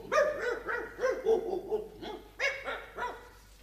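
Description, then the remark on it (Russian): Several dogs bark in quick, overlapping bursts, a rapid string of sharp, mid-pitched yaps and woofs with brief pauses between flurries and no people talking. “Пойдемте кормить собак, Темген.”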